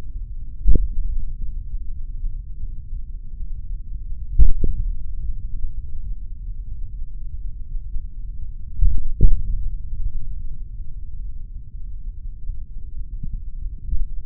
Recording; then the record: forearm muscle sounds (acoustic myography)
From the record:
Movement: tripod grip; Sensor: system 3, bracelet of six PUI Audio POM-2738L microphones around the upper forearm, with dedicated amplification and filtering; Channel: 5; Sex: male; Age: 26 years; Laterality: right